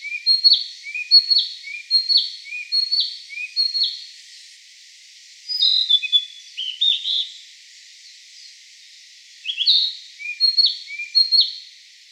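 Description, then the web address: Narcissus flycatcher singing short repeated whistled phrases in three bursts, each a quick series of paired high and low slurred notes, separated by brief pauses. Recorded 3 May 2017. "birdenaga kibitaki 170503"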